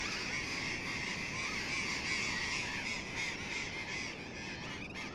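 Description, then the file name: Burrowing parrots giving shrill, grating screams in a continuous crowded chorus, some calls more tonal and drawn out, backed by a low steady roar. "tomas miguel - loros barranqueros"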